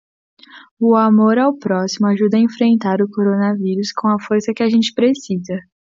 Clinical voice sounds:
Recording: spoken sentence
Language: Brazilian Portuguese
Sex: female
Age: 20 to 29 years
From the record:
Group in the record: control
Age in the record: 20 years

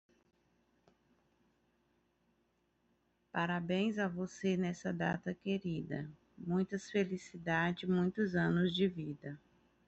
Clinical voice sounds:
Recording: short text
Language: Brazilian Portuguese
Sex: female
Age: 30 to 39 years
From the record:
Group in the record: control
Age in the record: 37 years

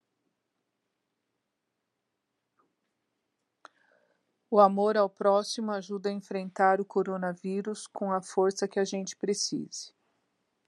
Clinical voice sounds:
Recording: spoken sentence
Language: Brazilian Portuguese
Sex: female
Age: 60 to 69 years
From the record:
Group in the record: control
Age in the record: 62 years

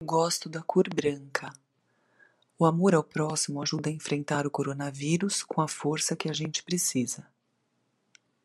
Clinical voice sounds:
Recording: spoken sentence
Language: Brazilian Portuguese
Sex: female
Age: 50 to 59 years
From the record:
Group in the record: control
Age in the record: 50 years

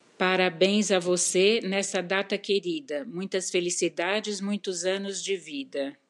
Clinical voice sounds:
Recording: short text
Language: Brazilian Portuguese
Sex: female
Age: 60 to 69 years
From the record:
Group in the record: control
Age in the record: 61 years

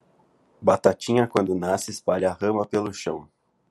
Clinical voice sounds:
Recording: short text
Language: Brazilian Portuguese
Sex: male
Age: 20 to 29 years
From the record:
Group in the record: control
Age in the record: 24 years

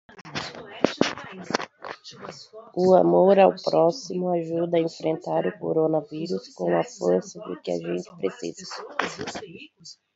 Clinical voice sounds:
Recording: spoken sentence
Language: Brazilian Portuguese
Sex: female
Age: 30 to 39 years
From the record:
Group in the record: control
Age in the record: 37 years

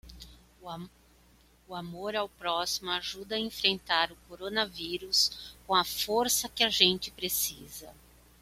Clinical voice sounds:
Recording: spoken sentence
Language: Brazilian Portuguese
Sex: female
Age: 40 to 49 years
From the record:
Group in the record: control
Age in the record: 49 years

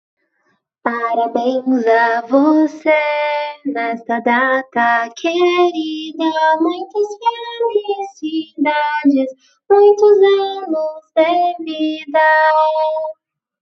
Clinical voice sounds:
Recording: short text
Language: Brazilian Portuguese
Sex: female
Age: 20 to 29 years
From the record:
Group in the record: control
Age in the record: 20 years

